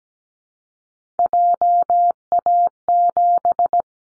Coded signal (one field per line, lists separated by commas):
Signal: Morse code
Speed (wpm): 17 wpm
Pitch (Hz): 700 Hz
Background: none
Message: JA7